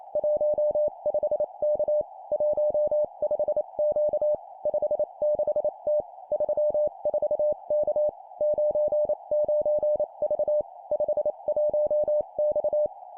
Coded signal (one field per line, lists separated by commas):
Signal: Morse code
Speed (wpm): 28 wpm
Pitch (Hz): 600 Hz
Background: none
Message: 15K 15Q 56T 34K 99V 51X